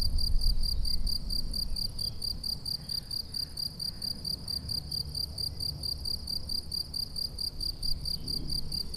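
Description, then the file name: Shrill cricket chirps repeat quickly and evenly from start to finish against a muffled low background. "grillons"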